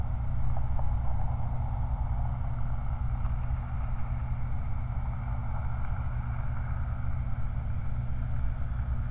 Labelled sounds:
truck
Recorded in the Prudhoe Bay oil fields, Alaska, on 29 July 2019
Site 29

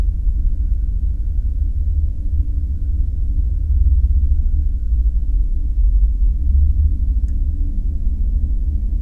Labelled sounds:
truck, machinery, flare stack
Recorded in the Prudhoe Bay oil fields, Alaska, on 5 September 2019 at 00:39
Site 14

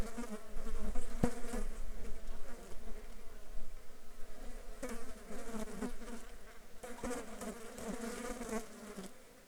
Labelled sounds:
insects
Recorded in the Arctic National Wildlife Refuge, Alaska, on 7 July 2019 at 10:14
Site 35

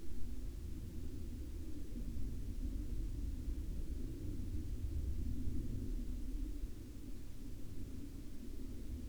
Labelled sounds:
aircraft
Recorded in the Arctic National Wildlife Refuge, Alaska, on 11 May 2019 at 22:49
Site 44

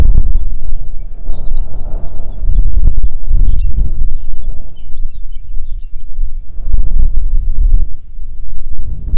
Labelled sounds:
songbird, wind
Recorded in the Prudhoe Bay oil fields, Alaska, on 6 June 2019 at 04:14
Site 16

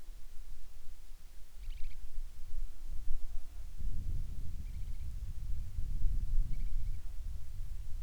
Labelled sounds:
bird
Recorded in the Arctic National Wildlife Refuge, Alaska, on 10 July 2019 at 18:17
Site 44

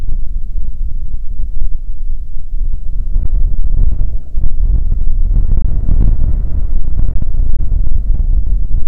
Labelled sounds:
waterfowl, wind, insects
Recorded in the Prudhoe Bay oil fields, Alaska, on 15 May 2019 at 00:00
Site 19

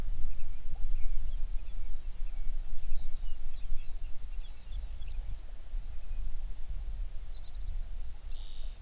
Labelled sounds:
songbird
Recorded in the Prudhoe Bay oil fields, Alaska, on 11 June 2019 at 05:01
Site 21

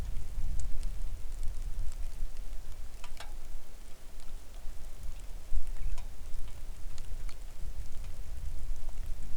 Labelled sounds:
wind, rain
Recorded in the Arctic National Wildlife Refuge, Alaska, on 3 August 2019 at 09:38
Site 41

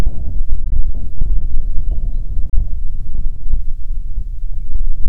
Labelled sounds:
songbird, wind
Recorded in the Prudhoe Bay oil fields, Alaska, on 6 June 2019 at 04:06
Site 16

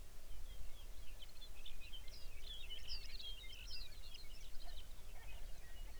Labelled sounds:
songbird
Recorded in the Arctic National Wildlife Refuge, Alaska, on 23 May 2019 at 05:06
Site 49

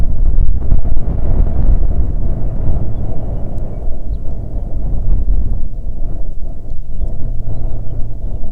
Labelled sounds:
songbird, wind
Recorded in the Prudhoe Bay oil fields, Alaska, on 5 June 2019 at 10:35
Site 16

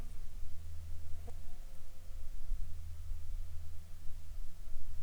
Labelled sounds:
aircraft, insects
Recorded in the Arctic National Wildlife Refuge, Alaska, on 7 July 2019 at 19:21
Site 41

